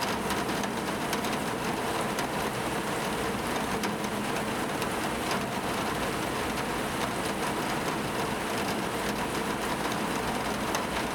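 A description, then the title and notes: Rain falls steadily behind the window, a dense, even hiss that fills the whole 11 seconds without pause. Fine crackles and tiny ticks pepper the wash throughout, and a soft low rumble runs underneath, level and unbroken from start to end. Rain Behind the Window.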